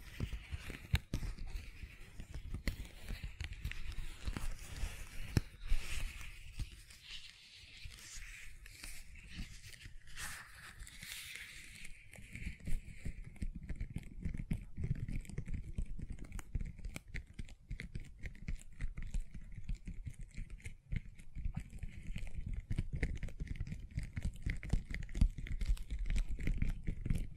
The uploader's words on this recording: ASMR Gentle Silicon Sounds for Sleep (No Talking).